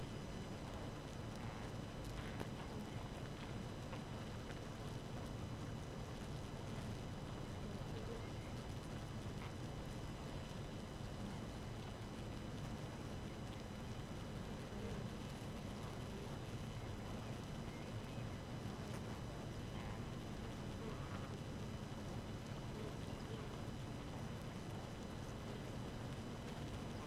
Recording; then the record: honeybee colony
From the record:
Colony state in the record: active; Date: 12 June 2018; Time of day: 4:50